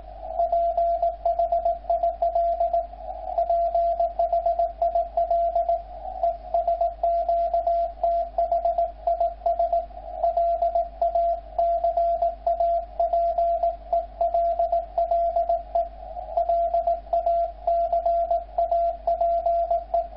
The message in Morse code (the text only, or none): PHIL PHIL ES QTH IS LA CAPELLE LA CAPE